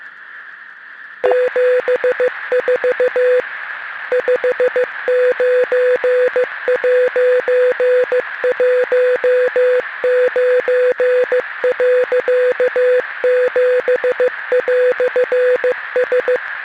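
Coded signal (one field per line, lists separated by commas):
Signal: Morse code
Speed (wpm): 15 wpm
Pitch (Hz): 500 Hz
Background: music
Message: 74 59'19.7"S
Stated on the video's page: Simulated maritime distress transmission from a fictional cargo ship caught in a Pacific storm off Oregon.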